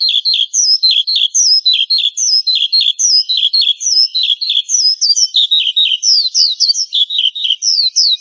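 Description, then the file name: Horsfield's bush lark song: quick high chirps and downslurred notes repeated in a steady, chattering sequence. "suara burung branjangan"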